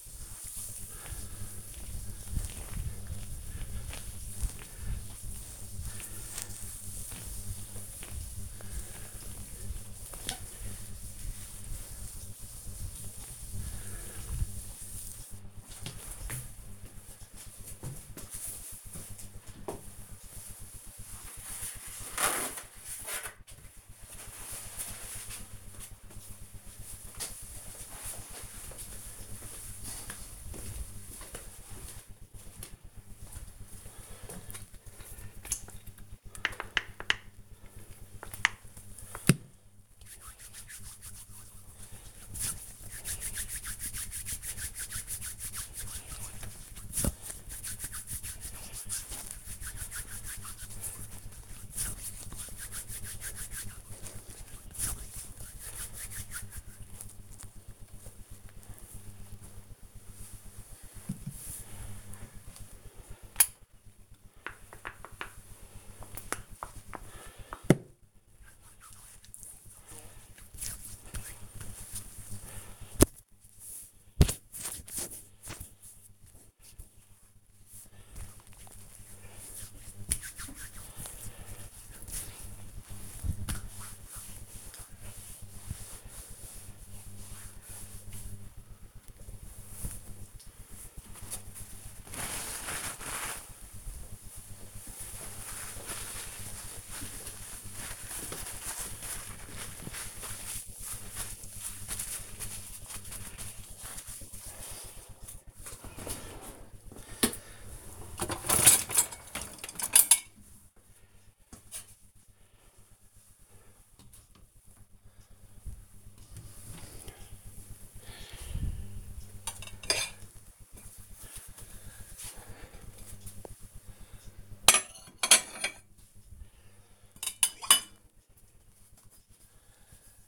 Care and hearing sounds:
household activities, microphone on the right wrist
0.00-15.32 s: cleaning table
36.46-57.61 s: cream hands
62.65-88.80 s: cream hands
105.96-130.28 s: cleaning out the dishwasher

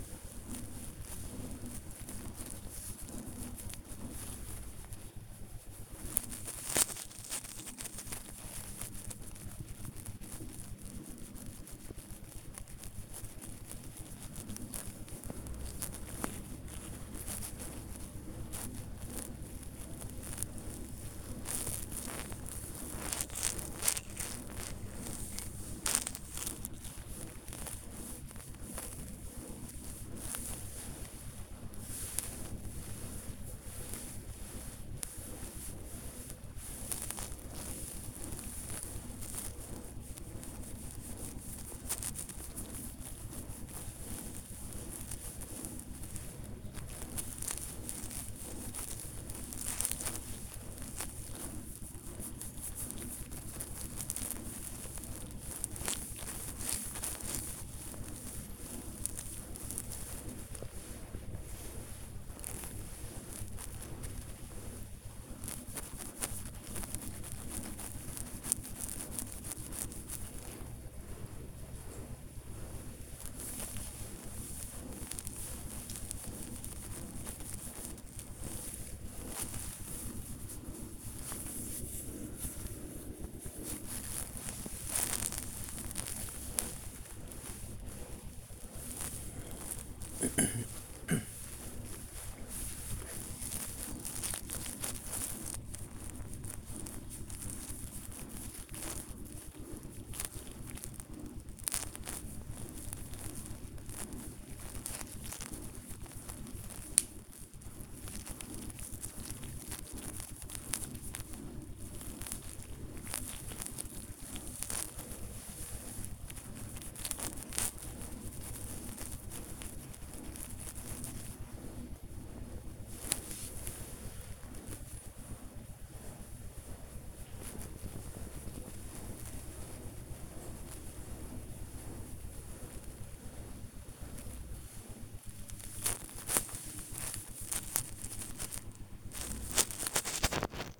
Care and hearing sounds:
household activities, microphone on the right wrist
0.00-115.07 s: petting the dog
117.08-140.80 s: petting the dog

